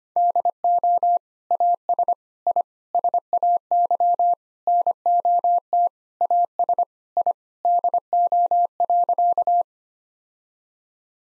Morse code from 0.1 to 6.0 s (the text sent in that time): DO AS I SAY NOT